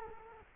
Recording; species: mosquito wingbeat signal from an infrared sensor; Culex quinquefasciatus